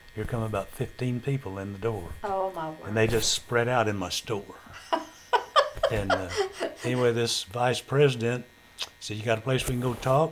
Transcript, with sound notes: Here come about fifteen people in the door.
Oh my word.
And they just spread out in my store. (Laughter) And anyway this vice president said, "You got a place we can go and talk?"